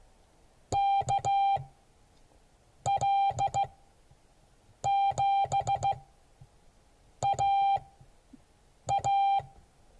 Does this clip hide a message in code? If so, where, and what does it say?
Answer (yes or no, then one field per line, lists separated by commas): yes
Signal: Morse code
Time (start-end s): 0.7-9.4 s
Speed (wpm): 15 wpm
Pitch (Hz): 790 Hz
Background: none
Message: KL7AA